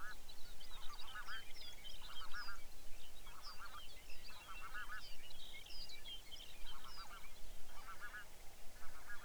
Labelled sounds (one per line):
songbird
waterfowl